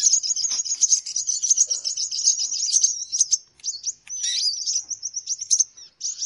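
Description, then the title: Birds chattering in a steady, shrill twitter, then thinning into separate chirps and short whistled notes toward the end. Lure sound played to attract birds; title says many noisy birds gather close as soon as it is played. "Baru Diputar Dah Banyak Merapat! Suara Pikat Burung Ribut"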